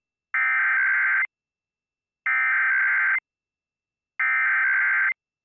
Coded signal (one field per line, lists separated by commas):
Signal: Emergency Alert System (SAME) tones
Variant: header bursts